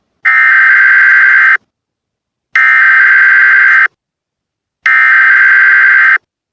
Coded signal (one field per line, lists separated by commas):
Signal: Emergency Alert System (SAME) tones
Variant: header bursts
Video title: Eas Hurricane Warning Hurricane Warning been iussed Hilo